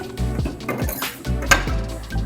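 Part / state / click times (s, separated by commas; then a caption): beater shaft into soft-serve machine cylinder / not seated / none. A beater shaft is pushed into the freezing cylinder of a soft-serve ice cream machine at the wrong angle, giving a few short clinks and knocks over background music. Because of the angle it will not press in or lock, and nothing has seated or clicked by the end.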